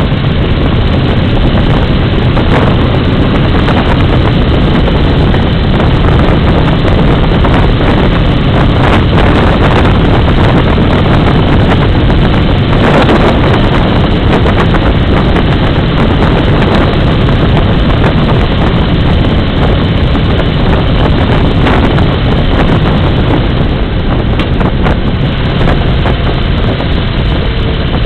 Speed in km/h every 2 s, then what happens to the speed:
53, 58, 61, 61, 53, 62, 62, 62, 63, 63, 64, 64, 59, 58.
0-4 speeds up to 61. 20-28 slows to 58.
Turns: none.